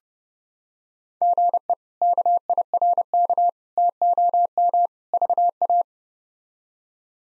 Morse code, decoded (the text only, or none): GE KIRK TOM VA